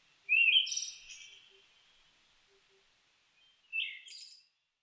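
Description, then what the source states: Siberian thrush gives a sweet, slurred phrase with a lingering high trail, then a shorter phrase about three and a half seconds later; faint low ticking sounds in the background. Recorded 29 May 2004.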